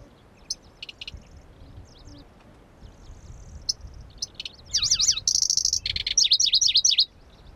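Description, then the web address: Pallas's grasshopper warbler: sparse clicks and short notes, then a loud phrase of downslurred whistles, a buzzy trill, and rapidly repeated swooping notes. Recorded at Kuda on 25 June 2012. "June 25 2012 Lcertiola Kuda"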